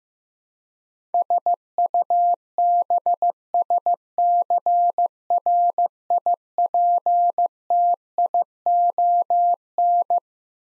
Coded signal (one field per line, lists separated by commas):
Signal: Morse code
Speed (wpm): 15 wpm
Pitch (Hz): 700 Hz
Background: none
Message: SUBSCRIPTION